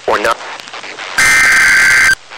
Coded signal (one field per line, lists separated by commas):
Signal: Emergency Alert System (SAME) tones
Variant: header bursts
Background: speech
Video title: Real NOAA Weather Radio EAS Alert #133